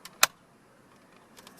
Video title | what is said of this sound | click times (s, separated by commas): Add Factory Navigation to MyFord Touch - 2013 - 2016 Ford Fusion | same thing with this connector clip facing up push it in till you hear it click | 0.2 s